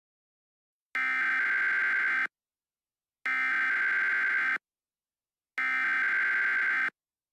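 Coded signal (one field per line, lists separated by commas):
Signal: Emergency Alert System (SAME) tones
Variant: header bursts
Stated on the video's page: Fictional Shark Week EAS scenario.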